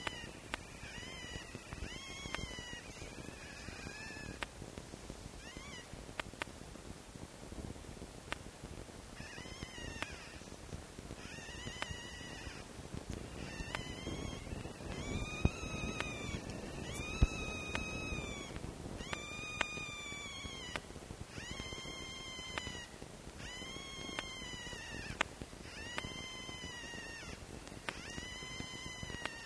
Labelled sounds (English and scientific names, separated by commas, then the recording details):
Red Fox (Vulpes vulpes)
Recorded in captivity
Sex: diverse
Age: juvenile
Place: Zoologisches Institut der HUB, Berlin, DE
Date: 1955-04-22 12:30
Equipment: Elmetra
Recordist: Tembrock, Günter
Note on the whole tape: Band F 213-b: Zenzi-Welpen: verschiedene Welpen zusammen und einzeln quärrend (liegen auf dem Tisch). Achtung technische Probleme: Störimpulse